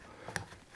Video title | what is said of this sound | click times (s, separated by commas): Le Scoot Trooper Et Son Speeder Bike Par HOT TOYS ! STAR WARS THE MANDALORIAN | est ici, c'est bien dans le dos que ça vient se mettre et se clipser. Donc ça, ok | 0.4 s